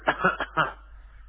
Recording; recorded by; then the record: voluntary cough; telephone call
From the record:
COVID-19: negative